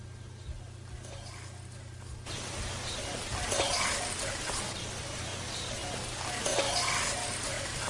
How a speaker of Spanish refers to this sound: El ruido de agua, yo me creía que estaba al lado de una charca o al lado de una corriente.